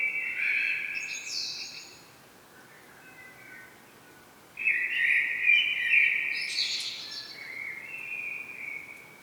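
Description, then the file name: Common blackbird song: two mellow fluted phrases, each with a thin high squeaky flourish, with a quieter pause between. "Turdus merula"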